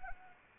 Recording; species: mosquito wingbeat signal from an infrared sensor; Anopheles arabiensis